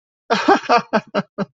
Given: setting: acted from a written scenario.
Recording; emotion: vocal sound without words; amusement